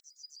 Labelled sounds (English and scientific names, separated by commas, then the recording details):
Yellowhammer (Emberiza citrinella) song
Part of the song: start
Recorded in the Czech Republic on 12 July 2013
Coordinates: 50.795, 14.316
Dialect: BE
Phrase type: E51
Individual 316614